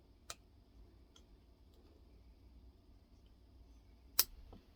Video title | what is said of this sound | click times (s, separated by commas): Working on David's TS125 TOP END and oil pump | hear that snap that's what i was looking for | 4.2 s